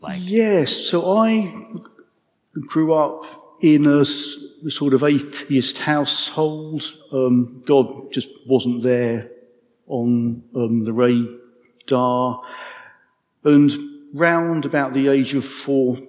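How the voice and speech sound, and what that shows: A 55-year-old man with a stammer speaks in halting bursts, with stretched sounds, silent gaps breaking up phrases such as "on the radar", and filler "um"s. Fluency is repeatedly interrupted by prolongations and blocks, typical of an adult stammer.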